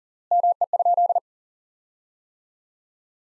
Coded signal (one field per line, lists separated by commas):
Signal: Morse code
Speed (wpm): 40 wpm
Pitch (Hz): 700 Hz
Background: none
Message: ME?